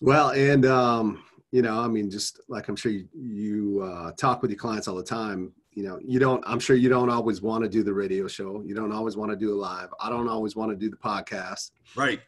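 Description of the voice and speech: A man speaks fluently and conversationally at an ordinary pace with normal voice quality and short pauses.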